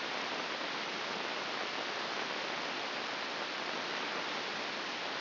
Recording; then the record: brain microelectrode recording played as sound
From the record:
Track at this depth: inside the subthalamic nucleus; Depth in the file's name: 3.029 mm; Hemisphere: left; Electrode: 2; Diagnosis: Parkinson's disease